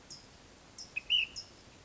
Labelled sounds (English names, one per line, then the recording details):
Ash-throated Flycatcher
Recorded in Sonoma County, California